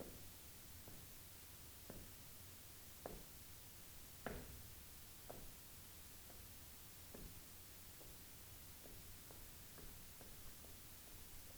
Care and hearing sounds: daily activity, guitar pickup as the sensor; jump

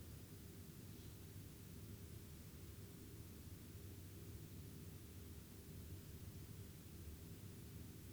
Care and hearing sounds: daily activity, guitar pickup as the sensor; lie down

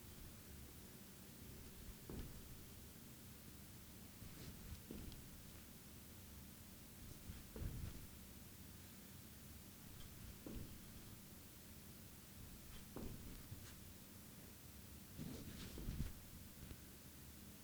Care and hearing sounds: daily activity, guitar pickup as the sensor; jump

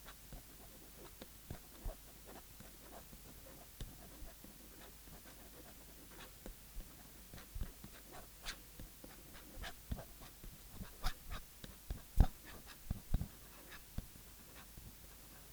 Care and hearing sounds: daily activity, guitar pickup as the sensor; write

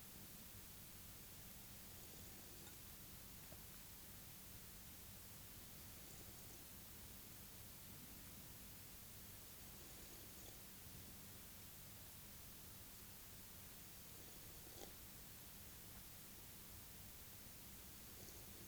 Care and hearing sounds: daily activity, guitar pickup as the sensor; drink water

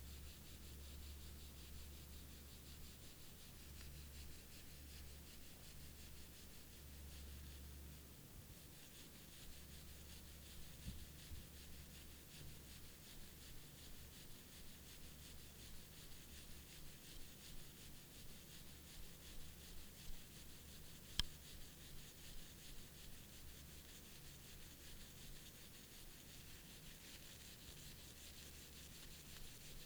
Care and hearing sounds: daily activity, guitar pickup as the sensor; brush teeth

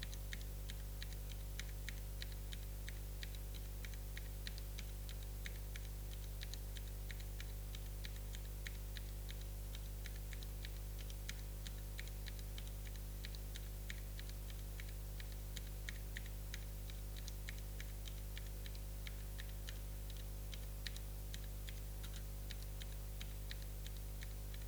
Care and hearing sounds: daily activity, guitar pickup as the sensor; type

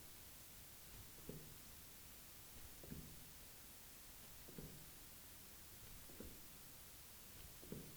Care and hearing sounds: daily activity, guitar pickup as the sensor; jump

